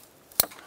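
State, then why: Seated. A second engine line quick-connect connector is pressed onto its port near the EGR/intake area of a 2006-10 Ford Explorer during an EGR tube replacement, to be checked and locked with the red tab. After a faint tap at 0.3 s, a single sharp click is heard at 0.4 s as the line seats.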